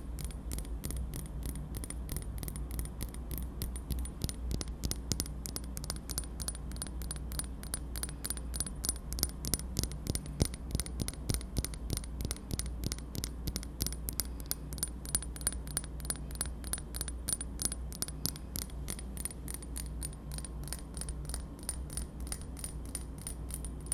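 Tapping on dark objects, fast and busy, with sharp light clicks coming in dense irregular bursts throughout the clip. The taps grow quicker and more crowded through the middle. A steady low hum and a thin high whine sit underneath.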